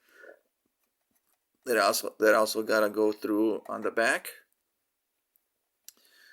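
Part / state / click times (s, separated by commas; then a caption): plastic clips of a toy part into the back of the vehicle / seated / 5.9 s. Someone talks while two plastic clips on the back of a toy part are pushed through together into the back of the Hasbro Pulse Exclusive GI Joe Classified Series Serpentor & Air Chariot vehicle. A sharp click follows at 5.9 s as the clips snap in and the part seats flush on the front with no spacing.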